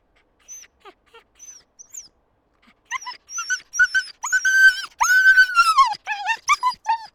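Dogs yelping: faint high whines at first, then loud, shrill overlapping yelps and squeals over the last four seconds.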